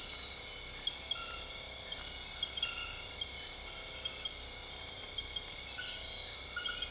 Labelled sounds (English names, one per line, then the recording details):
none
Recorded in dense forest near Puerto Asís, Putumayo, Colombia, on 21 February 2024 at 02:00
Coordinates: 0.485, -76.318
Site G6408